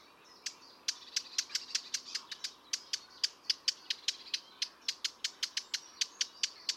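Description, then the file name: Eurasian blackcap uttering a steady run of crisp, clicking tac calls, several each second, with faint high background hiss. "Sylvia atricapilla"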